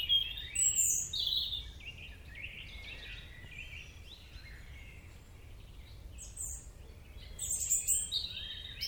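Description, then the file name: European robin: loud high phrases at the start, a quieter warbling stretch, then sharp high notes again near the end, over steady low noise. "Erithacus rubecula"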